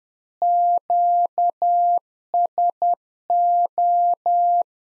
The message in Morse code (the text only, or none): QSO